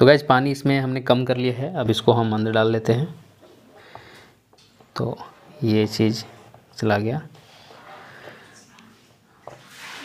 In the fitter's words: ये यहाँ लॉक हो गया।